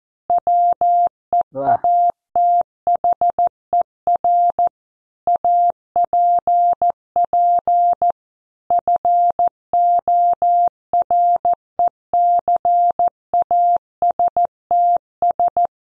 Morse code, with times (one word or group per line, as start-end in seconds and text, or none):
0.3-4.7 WEATHER
5.3-8.1 APP
8.7-15.7 FORECASTS